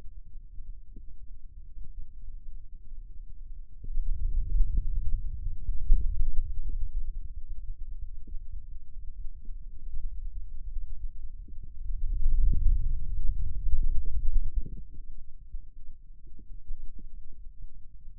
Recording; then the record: forearm muscle sounds (acoustic myography)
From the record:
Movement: wrist extension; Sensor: system 2, bracelet of six BSWA MPA416 microphones around the upper forearm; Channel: 3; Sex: male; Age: 22 years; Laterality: right